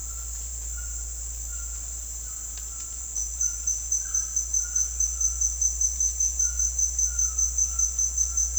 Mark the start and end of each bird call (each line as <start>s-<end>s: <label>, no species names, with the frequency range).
0.00s-5.61s: bird call (0.9-1.6 kHz)
6.40s-8.59s: bird call (0.8-2.0 kHz)